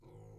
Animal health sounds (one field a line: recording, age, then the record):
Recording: pig call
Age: weaner (32 to 43 days)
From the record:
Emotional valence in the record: negative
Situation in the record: restrain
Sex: male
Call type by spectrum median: low-frequency call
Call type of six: low-frequency stable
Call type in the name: low-frequency stable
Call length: 0.38 s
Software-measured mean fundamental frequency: 51 Hz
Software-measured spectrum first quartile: 109 Hz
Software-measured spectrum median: 237 Hz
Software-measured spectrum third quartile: 541 Hz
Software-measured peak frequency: 124 Hz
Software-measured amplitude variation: 118 dB a second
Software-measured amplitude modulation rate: 35.2 a second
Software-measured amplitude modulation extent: 3.4 dB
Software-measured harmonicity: -1.9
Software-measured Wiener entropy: 0.56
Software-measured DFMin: 872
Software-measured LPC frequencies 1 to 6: 389, 832, 2149, 3124, 4014, 5010 Hz